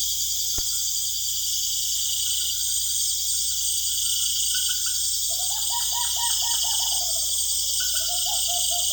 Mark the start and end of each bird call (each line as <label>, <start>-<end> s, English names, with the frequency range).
Tropical Screech-Owl (0.4-2.1 kHz), 5.16-8.92 s